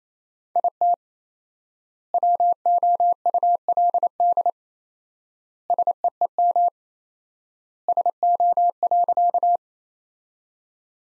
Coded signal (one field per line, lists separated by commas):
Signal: Morse code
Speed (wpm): 28 wpm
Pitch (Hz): 700 Hz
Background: none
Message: IT WOULD SEEM SO.